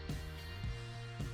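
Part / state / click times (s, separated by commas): camshaft locking tool into the camshaft slots on the cylinder head / not seated / none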